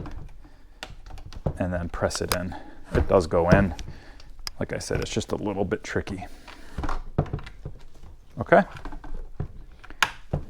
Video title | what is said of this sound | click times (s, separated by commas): Ryobi Jet Fan Blower Tutorial and Tune Up Model RY25AXB | And that's locked into place now. You just heard it click into place. | 10.0 s